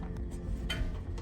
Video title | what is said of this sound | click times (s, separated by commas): How to Build a PC & Download Windows (CSC 3040) - Jackson Woodard, Parker Delbene, Riley Battilla | here it's snapping | 0.7 s